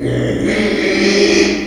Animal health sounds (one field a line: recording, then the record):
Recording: squeal of a Yucatan mini pig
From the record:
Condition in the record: after surgery on the right vocal fold (resection and tissue-engineered implant)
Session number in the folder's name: 2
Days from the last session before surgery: 13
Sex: male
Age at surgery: 12 weeks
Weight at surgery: 13 kg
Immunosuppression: cyclosporine, prednisolone